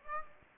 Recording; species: mosquito wingbeat signal from an infrared sensor; Aedes aegypti